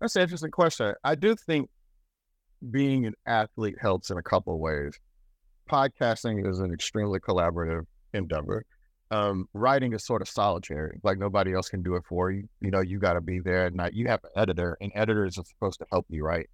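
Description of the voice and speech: A man speaks fluently in a relaxed, low-pitched conversational voice with natural pauses, typical of ordinary speech.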